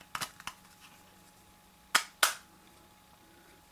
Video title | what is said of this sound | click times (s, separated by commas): Case/Holder for my Hawkeye Firefly 8SE i made on my 3D printer | her down little tabs catch it and lock it | 2.0 s, 2.2 s